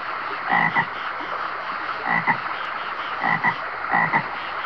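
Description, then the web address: American bullfrog croaks in short paired bursts, four groups at uneven intervals, over a steady hiss of insects and running water. Recorded at a stream with insects calling. "DESN 275 sound Library animals frog-bullfrog"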